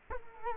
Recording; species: mosquito wingbeat signal from an infrared sensor; Culex quinquefasciatus